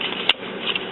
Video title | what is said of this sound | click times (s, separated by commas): PARTE 2: How to Install the Epson Expression XP 600,XP 850,XP 610,XP 810, XP 950 Print Head Part 2 | There you go, snapped right in. | 0.3 s